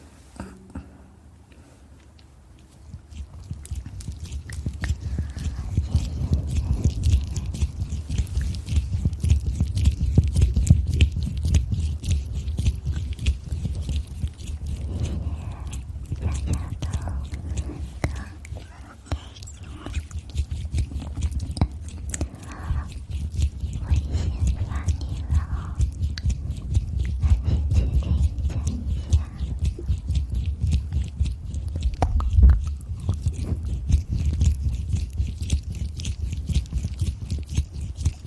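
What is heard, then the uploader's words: Close, wet eating and licking sounds right at the ear, dense and continuous after a quiet first three seconds, with a deep low rumble throughout. ASMR Fast Ear Eating & Licking.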